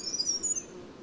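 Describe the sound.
Bird song: thin, very high whistled notes that slide slightly in pitch, with a steady low background hum underneath.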